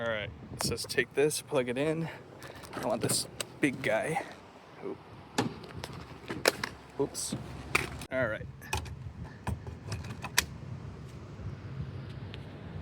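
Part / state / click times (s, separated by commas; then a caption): DC fast-charge plug into electric car charge port / seated / 10.4 s. Someone talks while pushing a large CHAdeMO DC fast-charge plug into the charge port of a Nissan Leaf, with handling clatter and several sharp knocks during a fumble. The plug latches with a sharp click at 10.4 s, seating the connector in the port.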